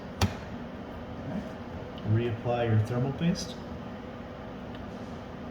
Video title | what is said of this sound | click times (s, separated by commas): ditching the I5. how upgrade a laptop cpu | twist that back just lock into place | 0.2 s